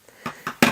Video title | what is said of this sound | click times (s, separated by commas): Simple Card Sunday 16 | and then you want to Pivot and push again until it clicks into place and you're ready to stamp | 0.6 s